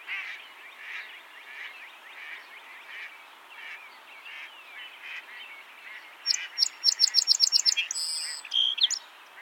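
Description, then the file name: Song sparrow song: a quick string of bright ringing notes and a buzzy trill late, over a background of constant chattering. "Melospiza melodia - Song Sparrow"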